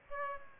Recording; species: mosquito wingbeat signal from an infrared sensor; Aedes aegypti